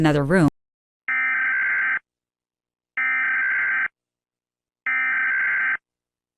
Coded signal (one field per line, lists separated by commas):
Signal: Emergency Alert System (SAME) tones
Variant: header bursts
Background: speech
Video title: Fire In Texas (EAS scenario [READ DESCRIPTION])